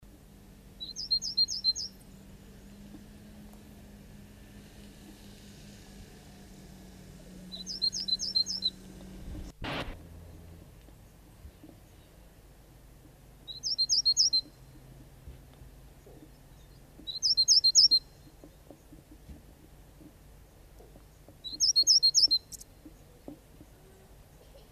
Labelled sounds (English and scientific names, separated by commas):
Great Tit (Parus major) song